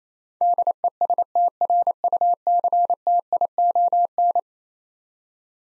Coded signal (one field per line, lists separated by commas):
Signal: Morse code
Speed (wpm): 28 wpm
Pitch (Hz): 700 Hz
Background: none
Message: DESTRUCTION